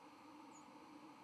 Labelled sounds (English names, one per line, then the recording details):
White-throated Sparrow flight call
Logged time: 08:56 on 31 October 2014